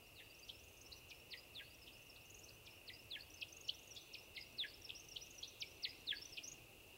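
American woodcock flight song: a rapid series of high, sharp chirps that drop in pitch, tumbling irregularly, over a steady high insect-like drone.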